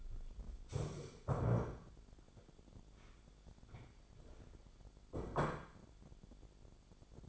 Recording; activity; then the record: daily activity, microphone in the room; stand up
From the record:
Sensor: 5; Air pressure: 1007.9 hPa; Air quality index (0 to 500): 154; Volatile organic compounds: 3 ppm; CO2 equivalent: 1476 ppm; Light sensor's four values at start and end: 57/160/62/62 and 57/160/62/62